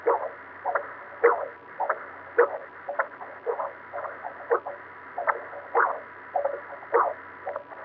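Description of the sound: Rhythmic whooshing pulses of a heartbeat heard inside a sonogram, about 52 a minute, with a faint hum.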